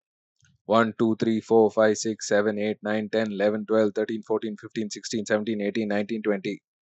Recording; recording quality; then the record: counting at a fast pace; excellent, no background noise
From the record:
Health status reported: healthy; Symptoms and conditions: none ticked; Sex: male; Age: 43 years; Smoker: not ticked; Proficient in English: yes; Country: India